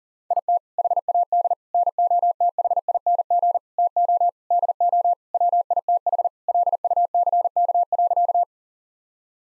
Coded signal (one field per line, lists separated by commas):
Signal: Morse code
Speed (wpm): 40 wpm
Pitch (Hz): 700 Hz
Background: none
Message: IT HAD NOTHING TO DO WITH LUCK.